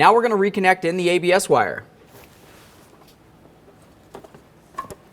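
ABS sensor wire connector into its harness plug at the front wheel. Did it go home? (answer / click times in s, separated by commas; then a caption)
yes / 4.8 s. Someone talks, then a plastic ABS wheel-speed sensor connector on a 2001-2005 Ford Explorer Sport Trac is pushed by hand into its harness plug at the front wheel after a lower ball joint job. A few soft handling ticks come near 4.2 seconds, then a sharp click at 4.8 seconds as the connector seats.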